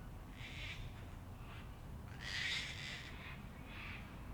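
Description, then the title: Sulphur-crested cockatoo screeching: harsh, noisy squawks repeat throughout, the loudest a long grating shriek midway, over a low background hum. Local cockatoos, said to number about 500; an evening in Canberra, recorded in April 2020 during lockdown. "An Evening in Canberra (Feat. 500 Cockies)"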